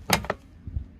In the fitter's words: Erst, wenn ihr den, hört mal den Klick jetzt.